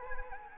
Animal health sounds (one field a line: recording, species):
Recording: mosquito wingbeat signal from an infrared sensor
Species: Anopheles arabiensis